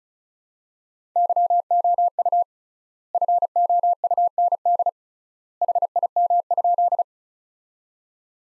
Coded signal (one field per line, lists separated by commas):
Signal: Morse code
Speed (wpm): 36 wpm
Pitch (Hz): 700 Hz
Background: none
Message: YOU FOUND HIM?